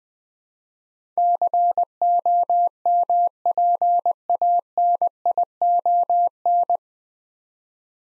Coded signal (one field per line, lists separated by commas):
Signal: Morse code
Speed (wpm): 21 wpm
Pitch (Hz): 700 Hz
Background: none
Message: COMPANION